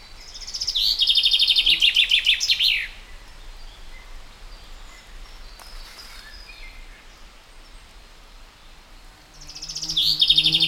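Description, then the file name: Common chaffinch singing a fast, high trill that ends in a flourish, then a pause with soft background noise before a second phrase starts. "Fringilla coelebs"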